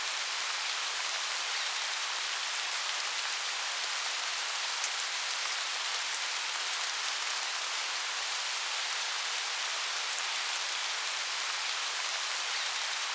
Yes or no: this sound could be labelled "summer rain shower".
yes